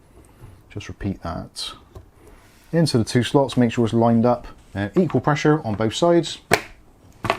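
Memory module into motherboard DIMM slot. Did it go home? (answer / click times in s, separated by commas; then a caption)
yes / 7.2 s, 7.3 s. Someone talks while a second RAM stick is lined up and pushed into its DIMM slot on a B450 Aorus Elite motherboard, with equal pressure on both sides. A sharp double click sounds at 7.2 and 7.3 seconds as the clips latch. The memory module snaps into place, fully seated.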